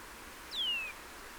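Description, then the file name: Eurasian nuthatch call: a single clear whistled note sliding down in pitch, lasting under half a second, over faint steady background hiss. "Sitta europaea"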